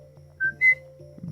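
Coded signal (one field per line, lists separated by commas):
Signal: whistled language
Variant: Mazatec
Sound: two brief clear whistles, the second higher, like a two-syllable rising whistle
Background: low electrical hum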